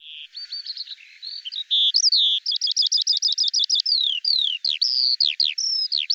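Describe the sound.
Bird singing a fast, continuous stream of high, varied notes: slurred whistles, sweeping upslurs and downslurs, and a run of rapid repeated chirps, with no other sounds.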